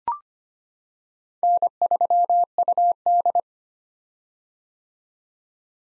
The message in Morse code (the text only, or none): N3UD